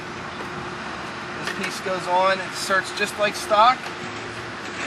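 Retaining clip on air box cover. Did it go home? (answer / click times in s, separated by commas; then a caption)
no / none. A retaining clip is positioned on an aftermarket air box cover in a Porsche 993 Carrera engine bay, lined up just before being pushed in. Someone talks over a steady low hum, and nothing has clicked or seated yet.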